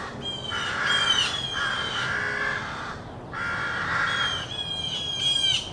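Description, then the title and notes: Crow caws in drawn-out harsh calls, two main bouts separated by a brief pause, over a soft background hum. Rowdy crows cawing loudly in treetops of an urban park just after sunrise. "Field Recording: The Wild and Raucous Sounds of Crows Cawing in the Treetops. a field recording of rowdy crows loudly cawing in the treetops amidst the sounds of other birds -- and since this was recorded in an urban park -- also you may hear the sounds of morning traffic"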